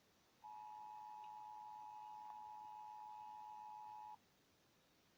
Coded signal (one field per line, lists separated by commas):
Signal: Emergency Alert System (SAME) tones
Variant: 853 and 960 Hz attention tone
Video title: emergency alert system 2